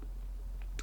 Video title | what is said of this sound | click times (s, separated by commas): A Pilot's Dive Watch - Laco Squad makes a comeback! | to set the time we pull the crown out two clicks it's gonna hack so seconds hand stops it | 0.6 s, 0.8 s